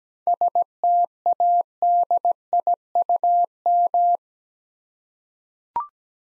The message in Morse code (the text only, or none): STADIUM